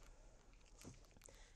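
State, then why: Seated. Vehicle seat belt webbing is pulled all the way out of its retractor while a Maxi-Cosi Pria 85 Max car seat is installed forward-facing with the seat belt, since the seat has no internal lock-offs. A sharp click at 1.3 s marks the retractor switching into its ratcheting locking mode, which will hold the car seat in place.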